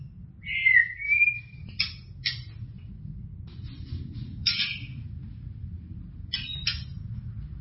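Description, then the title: White-rumped shama song: a rich whistled phrase sliding around mid-high pitch, followed by scattered harsh, scratchy bursts, over a low constant hum. "Kicau Murai Batu"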